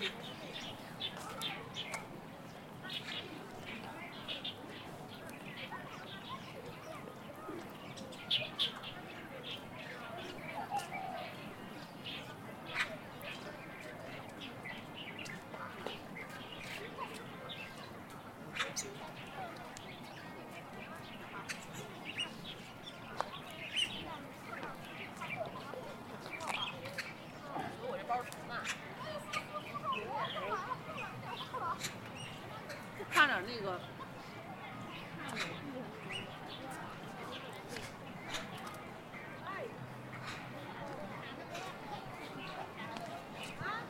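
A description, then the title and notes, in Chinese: Outdoor ambience at Beijing's Ditan park: steady murmur of voices, scattered bird chirps, and brief sharp clicks and knocks throughout. 城市声音。北京地坛。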